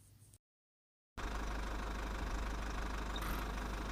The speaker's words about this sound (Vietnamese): Dưới lầu truyền đến tiếng ô tô. Lão Lưu với Tiểu Quỷ đã trở về, còn mang theo cơm trưa.